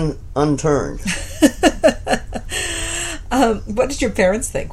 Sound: laughs